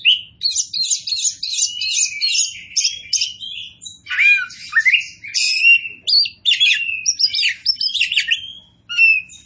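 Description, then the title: Oriental magpie-robin pouring out fast, continuous song: scratchy trills, high chips and slurred whistles tumbling together. Described as gacor, singing prolifically. "Kacer Poci Gacor"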